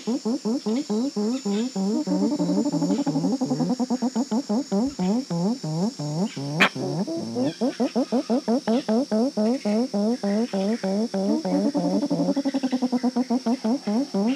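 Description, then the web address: Grey-winged trumpeter song: low, hollow hooting notes in long rapid runs, each note dipping then rising, continuing steadily throughout, with a faint high hiss. Two birds singing, Eastern Lowlands of South America. "Natures Songs S America Eastern Lowlands Psophia crepitans, songs 2 birds"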